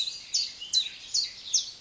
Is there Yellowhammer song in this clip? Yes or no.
no